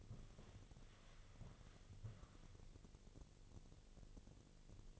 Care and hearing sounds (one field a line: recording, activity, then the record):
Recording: daily activity, microphone in the room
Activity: walk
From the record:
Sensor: 4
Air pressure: 1001.3 hPa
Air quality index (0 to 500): 176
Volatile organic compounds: 2 ppm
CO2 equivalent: 1270 ppm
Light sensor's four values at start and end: 14/32/13/13 and 14/32/13/13